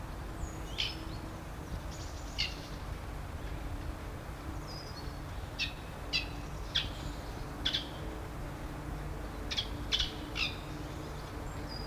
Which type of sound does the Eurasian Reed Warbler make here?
alarm call